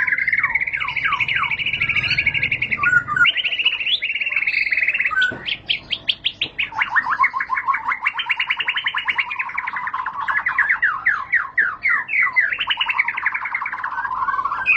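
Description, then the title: White-rumped shama song: long runs of fast repeated notes, trills and slurred notes, over faint background noise. High-class song used as a lure (pancingan) and as tutor material (masteran) for training caged birds. "Pancingan Murai Batu Berkelas Banyak Di Cari Buat Masteran"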